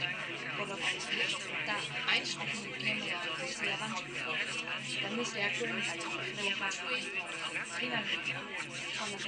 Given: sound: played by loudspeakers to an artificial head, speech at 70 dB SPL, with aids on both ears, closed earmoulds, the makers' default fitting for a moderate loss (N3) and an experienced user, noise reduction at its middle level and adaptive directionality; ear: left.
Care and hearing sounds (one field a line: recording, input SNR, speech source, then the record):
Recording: speech test signal (ISTS) in cocktail-party noise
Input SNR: -3 dB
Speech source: on the right (90 degrees)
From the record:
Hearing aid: class 2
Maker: G